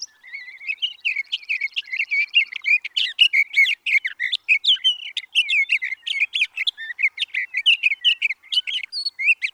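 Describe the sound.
Sage thrasher song opening with a buzzy trill, then bursting into a long, energetic, unbroken run of varied warbled and chirped notes.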